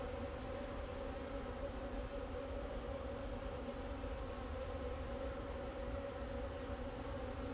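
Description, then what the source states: Bees buzzing in an unbroken, even hum of several overlapping tones over a low background rumble. Bees flying around the recordist in Jacques Brelpark, Kersbeeklaan, Vorst, Belgium; train in background; recorded binaurally with a Sennheiser Ambeo binaural headset.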